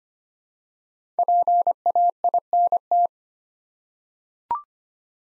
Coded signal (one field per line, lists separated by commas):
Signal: Morse code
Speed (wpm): 25 wpm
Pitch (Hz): 700 Hz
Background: none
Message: PAINT